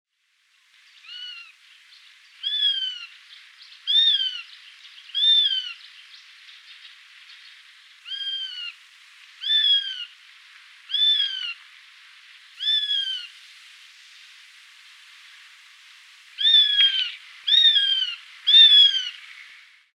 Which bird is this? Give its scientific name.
Accipiter nisus